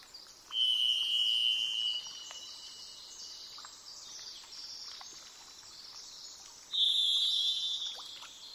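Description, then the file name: Varied thrush song: a long, steady, slightly buzzy whistled note, then a second higher note several seconds later, over a constant high hiss with faint ticks. "jh-040427-variedthrush"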